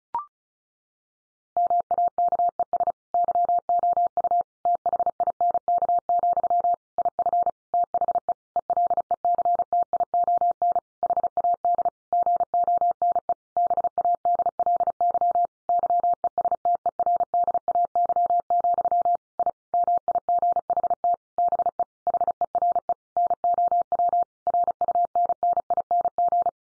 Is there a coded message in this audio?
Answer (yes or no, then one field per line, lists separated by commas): yes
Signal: Morse code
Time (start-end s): 1.6-26.5 s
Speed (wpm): 34 wpm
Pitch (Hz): 700 Hz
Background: none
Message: MAKES YOU THINK, IF THE ELECTION HAD GONE BADLY YESTERDAY, I MIGHT BE HERE NOW RUNNING